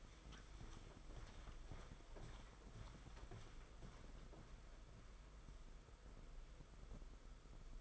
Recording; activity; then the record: daily activity, microphone in the room; walk to room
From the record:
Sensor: 5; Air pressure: 991.2 hPa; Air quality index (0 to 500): 93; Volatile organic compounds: 12 ppm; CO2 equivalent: 2361 ppm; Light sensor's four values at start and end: 29/84/34/36 and 35/116/44/47